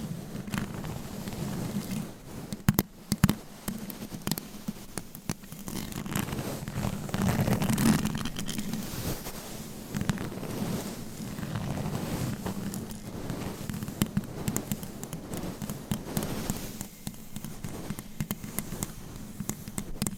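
Scratching, tapping and massage sounds form a dense rubbing hum with sharp taps, several clustered near three seconds and scattered later.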